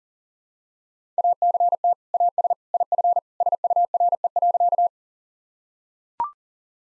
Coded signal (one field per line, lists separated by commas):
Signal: Morse code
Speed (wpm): 40 wpm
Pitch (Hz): 700 Hz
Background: none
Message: ACT AS IF SURE.